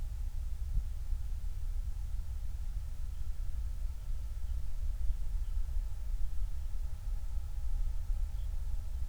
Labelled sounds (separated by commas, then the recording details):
songbird
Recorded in the Prudhoe Bay oil fields, Alaska, on 29 July 2019
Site 29